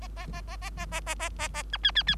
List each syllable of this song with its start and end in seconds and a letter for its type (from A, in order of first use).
0.01-0.08 A, 0.16-0.27 A, 0.33-0.41 A, 0.48-0.57 A, 0.61-0.70 A, 0.77-0.86 A, 0.91-1.00 A, 1.06-1.15 A, 1.19-1.29 A, 1.38-1.48 A, 1.54-1.63 A, 1.72-1.77 B, 1.83-1.91 C, 1.95-2.03 C, 2.07-2.15 C